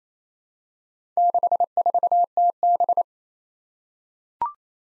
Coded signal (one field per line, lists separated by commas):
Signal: Morse code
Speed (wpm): 28 wpm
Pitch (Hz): 700 Hz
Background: none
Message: 64TB